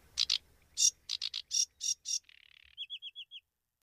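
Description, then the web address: Sedge warbler singing a brief phrase: scratchy chattering notes, a short buzzy rattle, then five quick downslurred whistled notes in a row. "agykontroll Madardalok Cd 3. Foltos nádiposzáta"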